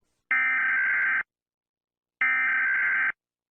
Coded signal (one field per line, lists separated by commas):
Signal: Emergency Alert System (SAME) tones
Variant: header bursts